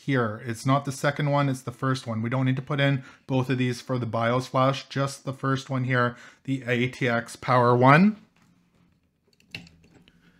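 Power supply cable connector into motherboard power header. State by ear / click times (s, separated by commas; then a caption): seated / 9.5 s. A power supply cable plug is pushed into the ATX power header on an MSI MPG Z690 Carbon WiFi motherboard, being connected for a BIOS flash. Someone talks until about 8 seconds, then after a quiet stretch a few small clicks sound and the plug snaps into place with a sharp click at 9.6 seconds. The connector is seated.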